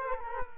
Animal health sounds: mosquito wingbeat signal from an infrared sensor; Culex quinquefasciatus

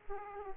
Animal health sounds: mosquito wingbeat signal from an infrared sensor; Aedes aegypti

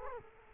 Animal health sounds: mosquito wingbeat signal from an infrared sensor; Culex quinquefasciatus

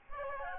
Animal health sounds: mosquito wingbeat signal from an infrared sensor; Aedes albopictus

